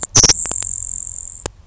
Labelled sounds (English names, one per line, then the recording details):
Grasshopper Sparrow
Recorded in Sonoma County, California